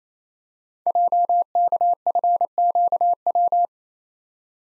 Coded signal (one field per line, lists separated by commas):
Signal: Morse code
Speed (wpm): 29 wpm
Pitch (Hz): 700 Hz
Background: none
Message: JKFQW